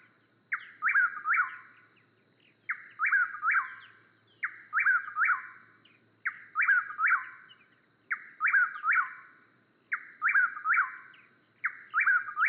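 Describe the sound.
Chuck-will's-widow song, a rhythmic three-part phrase with a soft first note and two loud, falling whistles, repeated about every two seconds over a steady high insect drone.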